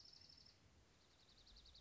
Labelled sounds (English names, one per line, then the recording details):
Dark-eyed Junco
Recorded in Sonoma County, California